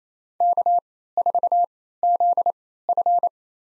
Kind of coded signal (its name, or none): Morse code